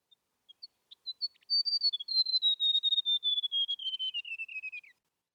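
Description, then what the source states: White-throated gerygone song, a few soft introductory notes, then a long sweet whistled trill sliding steadily downward, ending after about five seconds. Australian bird; its descending notes used as an element in a music track.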